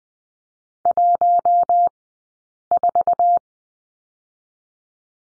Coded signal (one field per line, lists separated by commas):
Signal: Morse code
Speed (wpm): 20 wpm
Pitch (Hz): 700 Hz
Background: none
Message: 14